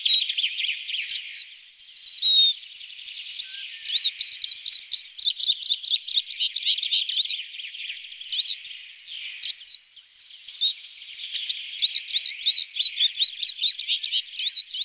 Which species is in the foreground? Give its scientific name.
Spinus spinus